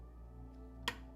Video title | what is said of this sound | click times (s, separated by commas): Pioneer LaserActive REFURB (Sega Genesis) : 4.29.2021 Live Stream - MACHO NACHO PRODUCTIONS | Okay, hear that click. | 0.9 s